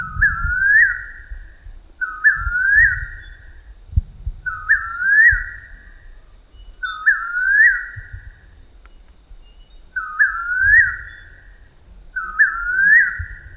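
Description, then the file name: Bird giving a series of rising whistled calls spaced about two seconds apart, each sweeping upward with a flick at the end, over ceaseless insect buzzing. "SABIOD 50 bird 2015"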